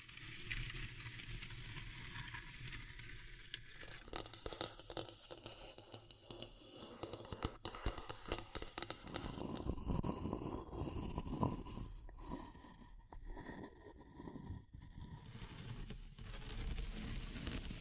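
Wood, bamboo and straw being handled, with a low, steady rumble under the first few seconds. From about four seconds on come dense, irregular crackles, taps and rustles, with sharper clicks near eight seconds. The busiest scratching fills the stretch from ten to fifteen seconds.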